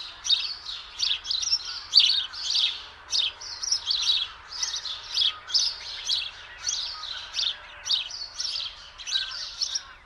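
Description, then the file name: House sparrow chirps, a steady run of short bright notes continuing throughout. "Passer domesticus"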